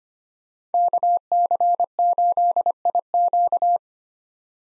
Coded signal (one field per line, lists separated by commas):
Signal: Morse code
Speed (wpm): 25 wpm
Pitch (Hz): 700 Hz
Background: none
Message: KC8IQ